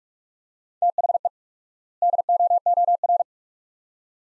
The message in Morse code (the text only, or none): THE DOOR